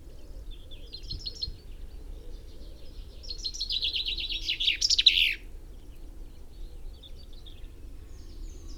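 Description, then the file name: Common chaffinch song: a brief faint phrase, then a louder series of notes growing in intensity and ending in an emphatic flourish, over soft background hiss. "Fringilla coelebs"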